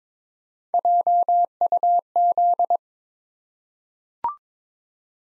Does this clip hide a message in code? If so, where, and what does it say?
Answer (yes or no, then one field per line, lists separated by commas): yes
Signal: Morse code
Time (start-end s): 0.7-2.8 s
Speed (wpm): 22 wpm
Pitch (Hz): 700 Hz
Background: none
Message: JUZ